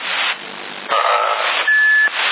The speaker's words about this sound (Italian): Ma neanche il bip sente